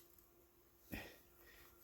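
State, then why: Not seated. A repaired plastic phone holder piece from a broken phone holder is pushed onto its mount to try to lock it into place. Over a quiet background with a steady low hum, there is a faint tick near 0.2 s and a short, louder broadband scrape or knock around 0.9 s. The piece does not lock, and nothing has seated or clicked yet.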